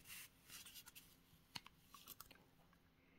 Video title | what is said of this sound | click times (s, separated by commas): Dyson DC03 Absolute Overview, Demo, & Cleaning | it actually locks a lot better this way. | 1.6 s